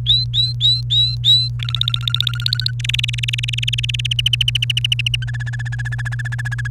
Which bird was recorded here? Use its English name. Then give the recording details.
Domestic Canary. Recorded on 30 April 2018 at 07:30. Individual llb3